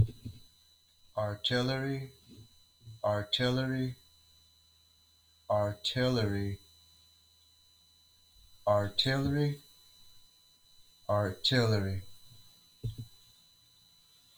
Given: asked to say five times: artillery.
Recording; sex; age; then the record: repeated word; male; 30 to 39 years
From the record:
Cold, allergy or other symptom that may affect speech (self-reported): no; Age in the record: 36 years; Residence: Texas, United States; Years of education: 15